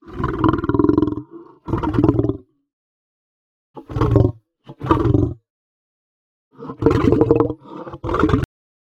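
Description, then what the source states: Lion giving rough, throaty snarls in short bursts separated by silent gaps, two early, two in the middle and two near the end. Aggressive snarling.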